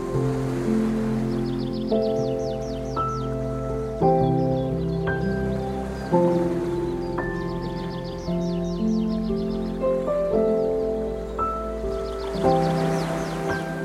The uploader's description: gentle and soothing piano track, set agains the sounds of the sea